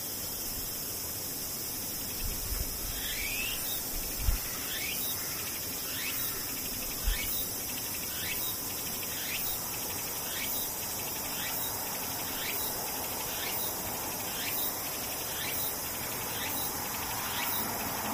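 Cicadas drone in a steady, shrill high buzz, with a regular series of quick falling chirps repeating about once a second.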